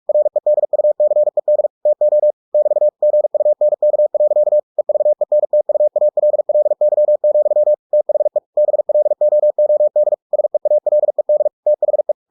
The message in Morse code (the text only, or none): REDUCED TO <BT> GUNK. EVENTUALLY, THE BLOOD SEALED THE